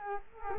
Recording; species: mosquito wingbeat signal from an infrared sensor; Culex quinquefasciatus